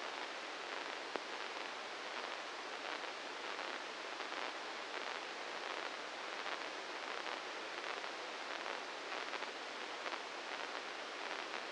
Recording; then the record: brain microelectrode recording played as sound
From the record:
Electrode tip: inside the subthalamic nucleus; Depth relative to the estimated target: -2 mm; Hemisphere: right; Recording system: NeuroSet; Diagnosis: Parkinson's disease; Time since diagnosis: 10 years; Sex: male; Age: 56 years